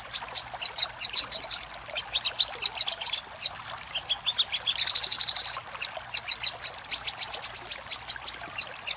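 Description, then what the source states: Little spiderhunter singing: rapid strings of sharp high ticks, with brief pauses, then a denser buzzy flurry midway before the ticking resumes. Used for training cage birds.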